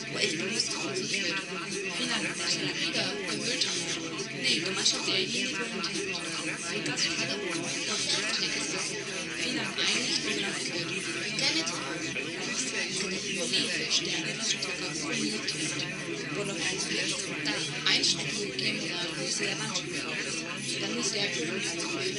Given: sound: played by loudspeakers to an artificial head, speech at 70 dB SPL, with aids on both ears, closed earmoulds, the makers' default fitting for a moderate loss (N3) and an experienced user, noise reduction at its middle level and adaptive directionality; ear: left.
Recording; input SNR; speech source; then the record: speech test signal (ISTS) in cocktail-party noise; -6 dB; on the right (90 degrees)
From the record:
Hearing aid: class 1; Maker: B